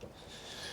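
A plastic quick-connect coolant hose fitting is pushed onto the outlet of a new coolant expansion tank on a 2005 Ford Fiesta 1.25 petrol. Only a faint, steady low rustle is heard, with no sharp transient. The connector is tight and fails to push home, so nothing has clicked yet, and silicone spray is planned to ease the plastic.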